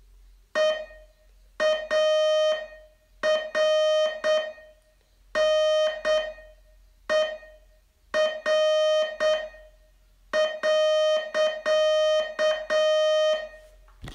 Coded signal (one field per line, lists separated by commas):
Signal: Morse code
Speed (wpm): 8 wpm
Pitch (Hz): 620 Hz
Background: music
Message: EARNER.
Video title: Learn Morse in 42 Days from VU2LAU - day 34 test